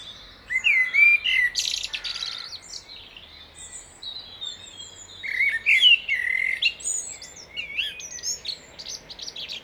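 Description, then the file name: Common blackbird singing two phrases, each of mellow warbled notes followed by thin, scratchy high twitters, with a quiet gap between them. "Turdus merula"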